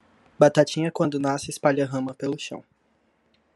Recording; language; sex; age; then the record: short text; Brazilian Portuguese; male; 20 to 29 years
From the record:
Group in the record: control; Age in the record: 20 years